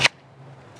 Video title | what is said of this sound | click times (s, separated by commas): Is Carrying With A Round In The Chamber Dangerous? Not if You Do These 4 Things. | is this, you hear that snap? That snaps in, and this thing covers the trigger guard. | 0.1 s